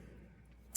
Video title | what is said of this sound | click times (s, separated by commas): How I change out the stones in my Premier Design ring | And so if you want to change them out, all you do is you take that and you hear the snap to it? | 0.8 s